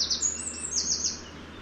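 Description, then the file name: Eurasian wren giving a brief burst of high, rapid trilled notes, cut short, with light background hum. "Troglodytes troglodytes"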